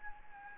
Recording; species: mosquito wingbeat signal from an infrared sensor; Anopheles gambiae